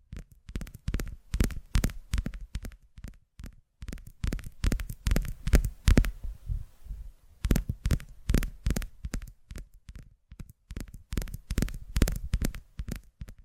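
Tapping sounds strike in a quick, fairly regular run, each hit a short thud with a bright click on top. The taps form dense bursts, pausing briefly near four seconds and again around six to seven seconds, where a soft hiss fills the gap.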